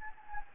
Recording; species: mosquito wingbeat signal from an infrared sensor; Anopheles gambiae